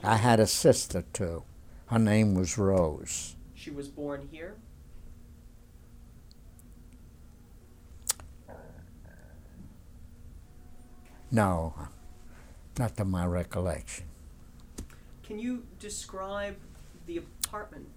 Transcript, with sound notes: I had a sister, too. Her name was Rose.
She was born here?
( he pauses ) No. Not to my recollection.
Can you describe the apartment?